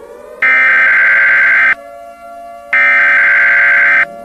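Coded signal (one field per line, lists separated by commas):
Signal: Emergency Alert System (SAME) tones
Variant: header bursts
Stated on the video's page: Fictional EAS scenario of World War III, not a real alert.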